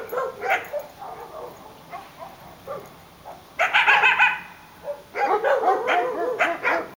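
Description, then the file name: Coyote barking loosely at first, then breaking into two bursts of rapid, high-pitched yips. "Coyote Talk"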